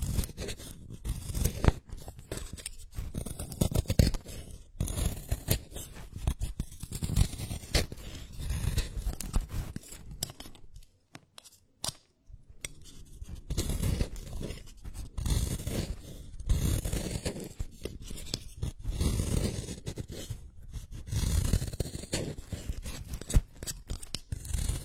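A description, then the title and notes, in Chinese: Pencil sharpening: a dense, scratchy grinding that runs almost continuously with quick rhythmic strokes and small crunches. Around ten to twelve seconds the shaving stops briefly, leaving near silence, before the scraping resumes at the same steady pace. 削铅笔。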